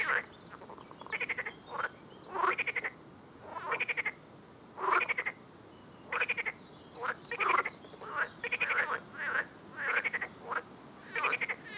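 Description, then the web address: Frogs giving rattled pulse trains and bending chirps, closely spaced, with faint steady background hiss. "Soundscape Frog 1"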